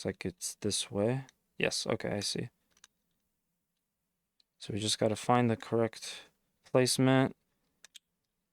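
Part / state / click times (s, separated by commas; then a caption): plastic model kit part peg into mating socket / seated / 7.8 s, 8.0 s. Someone talks while fitting the plastic peg of a snap-fit Gundam Assemble model kit part into its mating socket after finding the correct placement. Two sharp clicks sound at 7.9 s and 8.0 s as the peg seats firmly in place.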